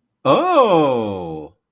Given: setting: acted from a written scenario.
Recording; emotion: vocal sound without words; positive surprise